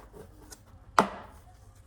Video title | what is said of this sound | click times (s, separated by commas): Time to change the "lifetime" transmission fluid | There you go, that was a nice click. | 1.0 s